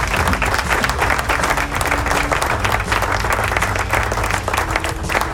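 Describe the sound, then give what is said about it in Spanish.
Sustained applause from a crowd, dense and steady hand clapping throughout at a fairly loud level, with a low murmur of voices underneath. “Así que aplauso.”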